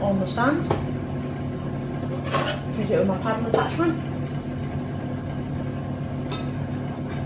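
A visually impaired person fits a paddle attachment onto a stand mixer's drive shaft, meant to be twisted until it locks so it won't move while mixing. Metallic clinks and handling sounds come through over a steady background hum while someone talks, with a brief sharper clink near 6.3 s. The clip ends before the paddle goes home; nothing has seated or locked yet.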